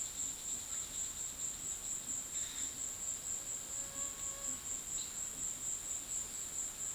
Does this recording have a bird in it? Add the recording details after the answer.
no. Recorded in dense forest near Puerto Asís, Putumayo, Colombia, on 19 February 2024 at 16:30. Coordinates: 0.502, -76.324. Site G6370